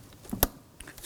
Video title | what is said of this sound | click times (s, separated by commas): How to Replace Spark Plug Wire Set 2005-2009 Subaru Legacy 2.5L H4 | Snap that on. You want to make sure that you hear that and feel it engage. | 0.4 s